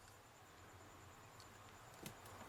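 On a Transformers 3 Dark of the Moon Cyberverse Decepticon Hatchet transforming toy figure, a rotating plastic part on the other side is turned inward so its tab locks into a small hole. Over a steady low hum and a faint high-pitched whine, a single short, sharp click sounds at 2.1 seconds. The tab seats and locks into place.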